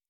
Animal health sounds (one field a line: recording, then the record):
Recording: hydrophone in a shrimp aquaculture tank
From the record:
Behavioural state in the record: normal